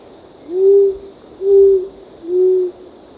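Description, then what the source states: Short-toed coucal calling three deep, even hoots, each about half a second long, spaced roughly a second apart, over a steady high-pitched hum. Recorded 1 April 2006.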